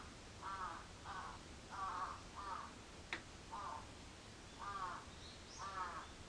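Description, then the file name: Crow cawing, seven harsh caws at uneven intervals, with one sharp click midway. Recorded 14 July 2022 at 06:37. "karasu-in 220714 0637"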